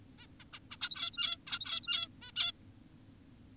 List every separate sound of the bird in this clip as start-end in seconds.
0.18-0.26, 0.40-0.44, 0.53-0.59, 0.71-0.77, 0.81-1.37, 1.47-2.08, 2.22-2.32, 2.36-2.52